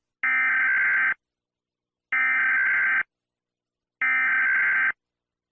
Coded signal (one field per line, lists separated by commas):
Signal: Emergency Alert System (SAME) tones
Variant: header bursts